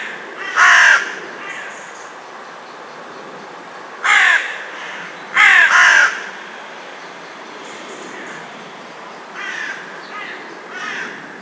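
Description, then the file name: Carrion crow giving harsh, rasping caws: a single loud caw, then another about three seconds later and a pair soon after, and softer caws near the end. "Corvus corone"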